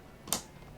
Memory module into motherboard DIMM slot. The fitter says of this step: it down to you here to clicks we're going to do the exact same thing for the other one here